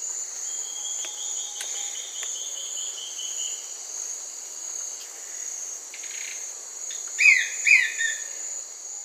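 Brownish twistwing calls: two sharp, loud notes about half a second apart near the end, over a steady high insect drone and a faint rapid trill early on.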